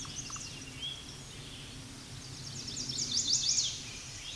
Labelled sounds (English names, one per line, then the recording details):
Chestnut-sided Warbler song
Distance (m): 15 m
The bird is about 5 m above the microphone
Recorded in a Pennsylvania forest on 16 May 2024 at 07:12
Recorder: AudioMoth, point MSD-1295
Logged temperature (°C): 13.7 °C
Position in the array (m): 185 m, 69 m